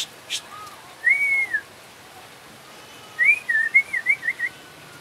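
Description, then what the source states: Asian pied starling giving soft, wavering whistles: one slurred note, a pause, then a quicker series of rising and falling whistled notes. Indonesian name Jalak Suren; labelled Suren Teler.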